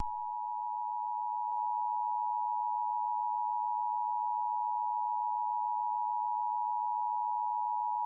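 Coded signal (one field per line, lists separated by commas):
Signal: Emergency Alert System (SAME) tones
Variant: 853 and 960 Hz attention tone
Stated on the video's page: Fictional game-themed alert, presented as archived tape.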